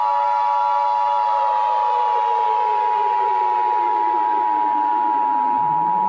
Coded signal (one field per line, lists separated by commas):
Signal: Emergency Alert System (SAME) tones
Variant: 853 and 960 Hz attention tone